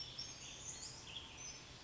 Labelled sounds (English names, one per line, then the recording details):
Western Tanager
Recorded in Sonoma County, California